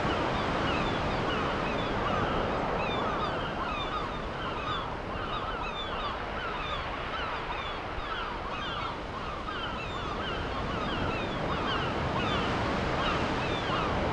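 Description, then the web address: Gulls in a dense chorus, many cries overlapping throughout, over rolling surf. Gulls with ocean waves, ambient seaside sound. "Deezer - Dormir au bord de l'océan 32-Vagues et mouettes"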